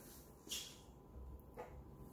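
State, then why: Not seated. A flat-blade screwdriver is set on the tang of a brake caliper spring clip going into the caliper bracket on a Focus ST225 / XR5 Turbo, while the other hand guards the clip, before it is tapped home. Light metallic handling scrapes and a soft tick around 0.5 s are heard over a low background hum. Nothing has seated or clicked yet.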